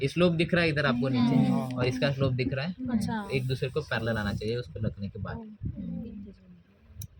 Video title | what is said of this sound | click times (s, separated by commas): ORAL SURGERY INSTRUMENTS PRACTICAL EXAM | आ गया अभी। अभी वो निकलेगा भी नहीं। लॉक हो गया पूरा काट देगा ऐसे | 7.0 s